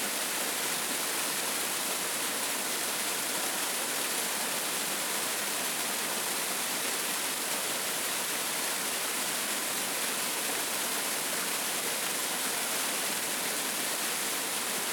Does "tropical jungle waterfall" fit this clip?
yes